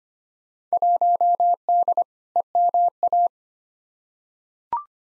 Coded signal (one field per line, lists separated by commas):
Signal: Morse code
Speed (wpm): 25 wpm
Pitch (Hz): 700 Hz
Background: none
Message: 1D EMA